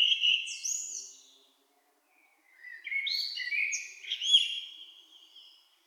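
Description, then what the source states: Blackbird song, a rich fluty phrase, a short pause, then a longer varied warble with high thin notes mixed in. In town.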